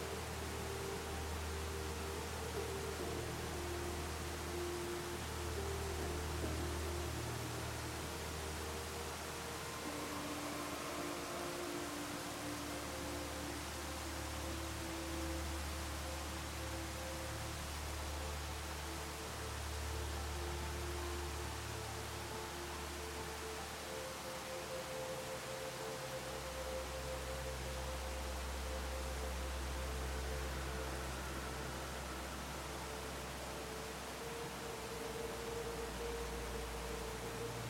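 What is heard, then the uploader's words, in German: A waterfall pours in a steady, dense hiss that fills the whole clip without breaks. Beneath it, soft sustained music holds long low drone notes and quiet higher tones that shift slowly, with a deeper bass note entering around 26 seconds. Sanften Klang eines WASSERFALLS und Beruhigender MUSIK.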